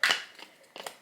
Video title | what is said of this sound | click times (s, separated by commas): monthly favorites (march and april 2024) feat. 5 star reads, oura ring, challengers | but it locks in place once it's fully closed | 0.0 s